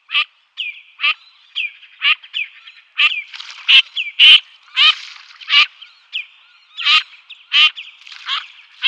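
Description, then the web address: Common teal quacking calls, a run of short, harsh, nasal notes at an irregular pace, with softer chatter between them. Female birds. "Schulze Peter Common Teal females"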